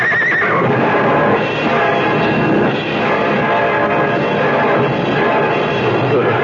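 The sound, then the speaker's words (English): Two hurt runaway horses neigh and whinny in distress, shrill wavering cries rising and falling over a dense, loud wash of noise, with a faint hint of hoofbeats and bell-like tones beneath. “The 2 runaway horses. The horses are hurt.”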